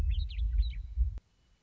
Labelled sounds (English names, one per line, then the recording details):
Western Meadowlark
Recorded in Sonoma County, California